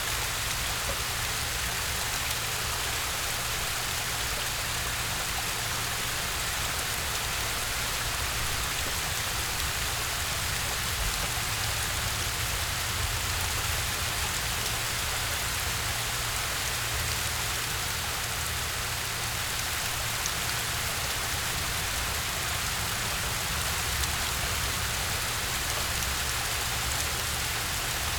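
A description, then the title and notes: A waterfall pours down in a steady, dense hiss that never lets up, bright, much like heavy rain drumming on a surface. Beneath the spray runs a low, constant rumble, and the loudness holds even from start to finish. Hanging Out Under the Waterfall.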